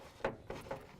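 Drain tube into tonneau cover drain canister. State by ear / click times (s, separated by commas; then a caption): not seated / none. A plastic drain tube is handled and pushed toward the hole in the bottom of a GatorTrax tonneau cover drain canister on a 2016 Toyota Tacoma. Short handling knocks and rubs are heard, the sharpest at about 0.3 s and softer ones near 0.5 s and 0.7 s. Nothing has clicked or seated yet.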